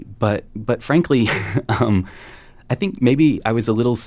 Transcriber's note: laughter